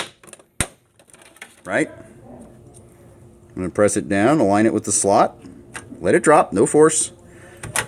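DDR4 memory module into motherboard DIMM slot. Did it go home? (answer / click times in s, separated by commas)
yes / 7.6 s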